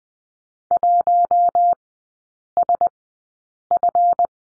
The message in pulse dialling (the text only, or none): none